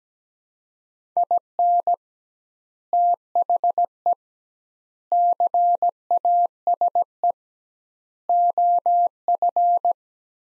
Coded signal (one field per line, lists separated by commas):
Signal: Morse code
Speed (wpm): 17 wpm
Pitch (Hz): 700 Hz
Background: none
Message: IN THE CASE OF